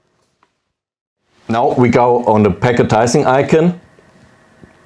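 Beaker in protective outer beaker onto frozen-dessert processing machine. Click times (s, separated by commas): 0.4 s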